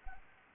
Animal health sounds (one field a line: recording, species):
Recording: mosquito wingbeat signal from an infrared sensor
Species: Anopheles arabiensis